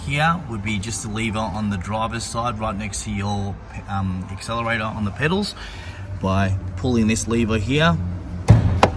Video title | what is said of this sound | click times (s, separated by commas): MARK VIII GOLF | you'll hear a little click, and then moving over to | 8.8 s